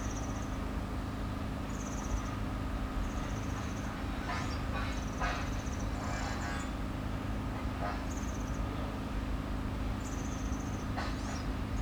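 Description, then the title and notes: European serin song, short high buzzy jingling phrases repeated every one to two seconds, with clattering construction knocks and low steady rumble beneath. Solitary bird beside a cycle path near the Sierroz in Aix-les-Bains, France, with construction noise. "Allée Marcel Mailly, Aix-les-Bains, France - Serin cini. Au bord de la piste cyclable près du Sierroz un serin cini solitaire , bruits de travaux,quelques passants"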